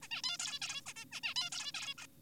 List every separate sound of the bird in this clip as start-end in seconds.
0.02-0.08, 0.11-0.22, 0.24-0.38, 0.40-0.59, 0.62-0.82, 0.86-0.94, 0.96-1.05, 1.12-1.21, 1.24-1.34, 1.36-1.50, 1.52-1.72, 1.74-1.94, 1.98-2.06